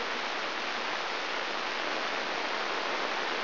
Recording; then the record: brain microelectrode recording played as sound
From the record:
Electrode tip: inside the subthalamic nucleus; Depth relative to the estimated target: 1 mm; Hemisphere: left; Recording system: AlphaMap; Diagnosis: Parkinson's disease